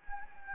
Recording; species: mosquito wingbeat signal from an infrared sensor; Anopheles gambiae